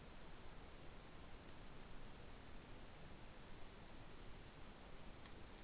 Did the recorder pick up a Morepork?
no